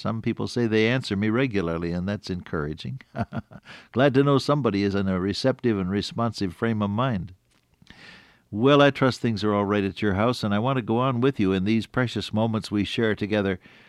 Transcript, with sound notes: Some people say they answer me regularly and that’s encouraging, [chuckle] glad to know somebody is in a receptive and responsive frame of mind. Well, I trust things are alright at your house, and I wanna go on with you, in these precious moments we share together,